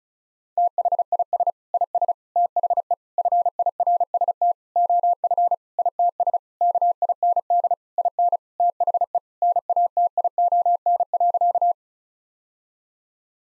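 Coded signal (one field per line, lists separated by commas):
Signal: Morse code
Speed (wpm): 36 wpm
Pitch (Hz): 700 Hz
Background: none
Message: THIS IS THE FIRST OF ITS KIND IN THE NATION.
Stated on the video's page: Morse practice at 35 wpm: sentences with common seven-word phrases, sent twice for head-copy training.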